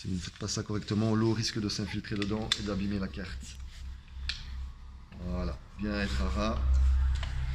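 The plastic cover of a Somfy Eolis Wirefree wireless wind sensor housing is handled before being pressed back on so its two small clips snap shut, which keeps water out and protects the circuit board. Someone talks throughout, with a brief sharp tick near 4.3 s and a faint knock near 7.2 s. The cover has not seated or clicked into place yet.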